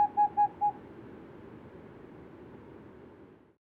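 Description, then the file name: Boreal owl ending a hoot series with four quick, level hoots, followed by a few seconds of low hiss before cutting out. Hooting of an unpaired male. "Tengmalms Owl Hooting of unpaired male"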